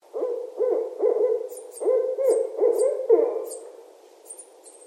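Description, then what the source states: Barred owl hooting: a series of deep, rhythmic hoots ending in a drawn-out note, with faint high chirps in the background. Recorded on 14 January 2012.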